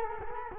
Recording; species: mosquito wingbeat signal from an infrared sensor; Culex quinquefasciatus